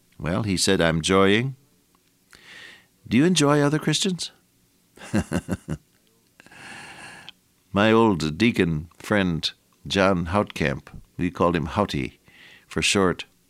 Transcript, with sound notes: Well, he said, “I’m joying…” Do you enjoy other Christians? [chuckle] My old deacon friend, John Houghtcamp, we called him Houghty for short.